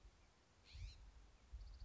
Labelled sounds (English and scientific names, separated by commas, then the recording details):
California Scrub-Jay (Aphelocoma californica)
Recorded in Sonoma County, California